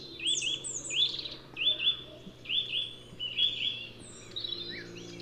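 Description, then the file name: Eurasian nuthatch calls: slightly longer piping notes repeated steadily over a noisy background with faint high bird sounds. "Sitta europaea"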